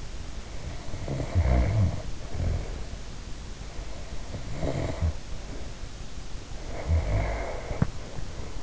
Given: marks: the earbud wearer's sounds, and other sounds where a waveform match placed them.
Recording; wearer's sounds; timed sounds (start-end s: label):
sounds in sleep by an in-ear microphone; snoring breath
0.22-2.98 s: snoring breath
3.47-5.97 s: snoring breath
6.42-8.63 s: snoring breath